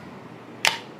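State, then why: Seated. The folding stock hinge on a Wild Hunter B-Zad Klein air rifle is unfolded by pressing its hinge base and pushing the stock up, then swinging it back. A single sharp, bright click at 0.6 s stands out against a quiet background. The folding stock latch clicks into place, and the stock can be used again.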